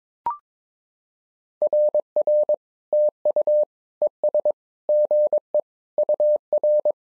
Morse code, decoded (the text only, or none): RR TU ES GE UR